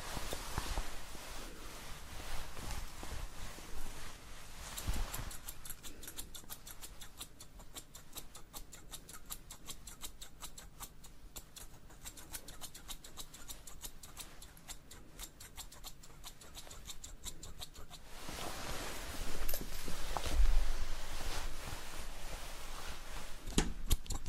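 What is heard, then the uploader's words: Hair salon sounds made of dense, rapid clicking and snipping that runs the whole way through, like scissors working steadily. The texture is busier and louder in the opening seconds and again from about 18 seconds, with a low rumble underneath. ASMR Hair Salon Experience Colour Cut & Styling Layered Sounds.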